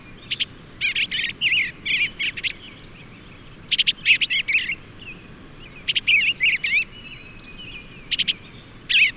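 Bird song made of short clusters of high chirps and twitters, several bursts throughout, with a steady faint high-pitched drone behind.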